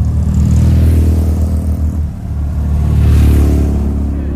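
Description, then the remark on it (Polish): A loud racing car engine drones and revs with a deep, buzzing rumble on the Kielce race track in Poland, easing off briefly midway before climbing again in pitch and power. No one speaks. “Ale na torze Kielce dzisiaj nie tylko samochody wyścigowe,”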